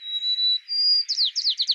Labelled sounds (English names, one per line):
White-crowned Sparrow song